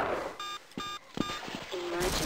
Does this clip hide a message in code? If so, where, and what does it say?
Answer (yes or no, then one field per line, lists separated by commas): no